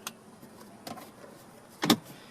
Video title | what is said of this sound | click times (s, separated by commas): Add Factory Navigation to MyFord Touch - 2015 Ford Mustang | just push down and it all clips back in now | 1.9 s